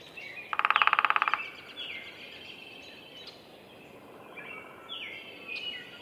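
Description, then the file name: Downy woodpecker drumming in a short, quick roll under a second long, then assorted bird calls and chirps continue behind. Drumming; recorded at a bird sanctuary in Minnesota. "Picoides pubescens drumming Roberts Bird Sanctuary, Minnesota"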